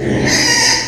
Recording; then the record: squeal of a Yucatan mini pig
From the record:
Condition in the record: before surgery on the right vocal fold (resection and tissue-engineered implant); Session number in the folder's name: 2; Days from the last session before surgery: 0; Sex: male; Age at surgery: 12 weeks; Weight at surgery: 13 kg